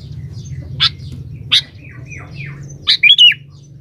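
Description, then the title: Sooty-headed bulbul singing: two sharp chips, soft falling notes, then a quick bubbling three-note phrase at the close, with a constant low hum underneath. "Kutilang"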